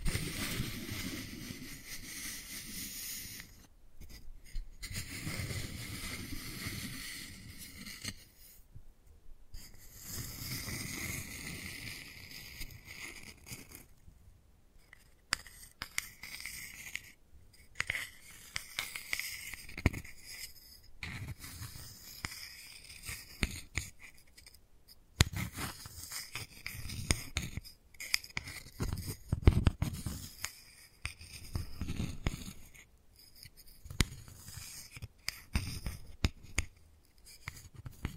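Wooden balls roll and knock together in uneven bursts, with gritty scraping and rattling textures alongside low rumbling thuds. Brief silent gaps break up the sound, notably around 4, 9, 14 and 25 seconds, and the activity grows busier and more clattery in the second half.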